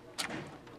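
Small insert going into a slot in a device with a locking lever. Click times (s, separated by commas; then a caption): 0.2 s. A small insert is pushed up into a little slot in a device while its small locking lever is raised, and it seats with a sharp click at 0.2 s. A fainter, softer tick follows around 0.7 s before the clip ends in low background noise. The lever is then put back down.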